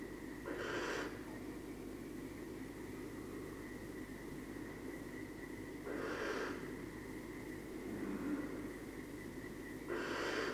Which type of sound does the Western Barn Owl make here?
call